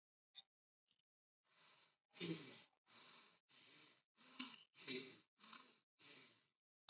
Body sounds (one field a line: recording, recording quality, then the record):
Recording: shallow breathing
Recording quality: excellent, no background noise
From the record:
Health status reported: healthy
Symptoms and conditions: none ticked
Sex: female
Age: 20 years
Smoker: not ticked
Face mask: not worn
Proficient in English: yes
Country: India